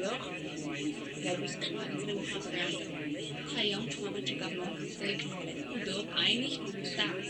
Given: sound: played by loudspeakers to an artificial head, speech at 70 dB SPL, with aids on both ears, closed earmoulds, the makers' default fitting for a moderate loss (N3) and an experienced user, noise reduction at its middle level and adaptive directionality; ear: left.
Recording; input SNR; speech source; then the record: speech test signal (ISTS) in cocktail-party noise; -3 dB; on the right (90 degrees)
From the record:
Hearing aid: class 1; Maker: C